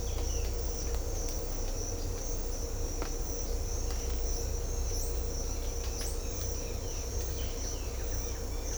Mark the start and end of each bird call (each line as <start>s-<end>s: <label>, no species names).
5.79s-7.14s: bird call
8.13s-8.74s: bird call